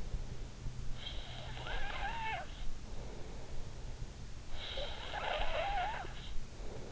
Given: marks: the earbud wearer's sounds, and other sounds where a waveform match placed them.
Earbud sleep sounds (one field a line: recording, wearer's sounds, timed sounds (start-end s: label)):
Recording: sounds in sleep by an in-ear microphone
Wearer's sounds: snoring breath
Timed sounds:
0.52-3.87 s: snoring breath
4.12-6.92 s: snoring breath